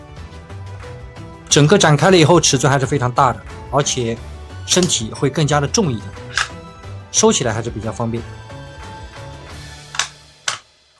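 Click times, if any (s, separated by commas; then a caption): 10.5 s. Someone talks over music while the folded left and right plastic wings of a Buzz Lightyear action figure are pressed into the figure's back. A few short knocks come near 10.0 s, then a sharp click at 10.5 s as the wings snap into the back housing and seat.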